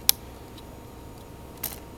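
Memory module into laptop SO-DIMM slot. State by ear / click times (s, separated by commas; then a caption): partly seated / 0.1 s. A SO-DIMM memory stick is pushed down into the memory slot of an Acer TravelMate 4060 laptop, giving a sharp click at 0.1 s as one side latches, followed by a fainter click at 1.6 s. Only one side locks, as one of the retaining clips will not catch, so the module is not fully seated.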